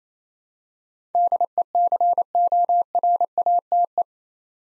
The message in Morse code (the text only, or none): DECORATE